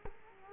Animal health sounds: mosquito wingbeat signal from an infrared sensor; Culex quinquefasciatus

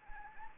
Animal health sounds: mosquito wingbeat signal from an infrared sensor; Anopheles arabiensis

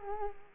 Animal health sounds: mosquito wingbeat signal from an infrared sensor; Culex quinquefasciatus

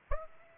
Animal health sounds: mosquito wingbeat signal from an infrared sensor; Aedes aegypti

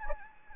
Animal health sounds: mosquito wingbeat signal from an infrared sensor; Anopheles gambiae

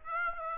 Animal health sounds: mosquito wingbeat signal from an infrared sensor; Aedes aegypti

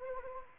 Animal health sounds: mosquito wingbeat signal from an infrared sensor; Anopheles arabiensis

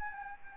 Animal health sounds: mosquito wingbeat signal from an infrared sensor; Anopheles gambiae

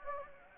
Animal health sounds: mosquito wingbeat signal from an infrared sensor; Anopheles gambiae

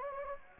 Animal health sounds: mosquito wingbeat signal from an infrared sensor; Anopheles gambiae

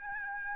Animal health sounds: mosquito wingbeat signal from an infrared sensor; Aedes albopictus

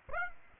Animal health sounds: mosquito wingbeat signal from an infrared sensor; Aedes aegypti

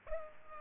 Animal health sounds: mosquito wingbeat signal from an infrared sensor; Culex pipiens

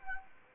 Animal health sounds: mosquito wingbeat signal from an infrared sensor; Anopheles arabiensis

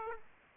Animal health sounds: mosquito wingbeat signal from an infrared sensor; Aedes aegypti

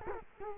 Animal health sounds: mosquito wingbeat signal from an infrared sensor; Culex quinquefasciatus

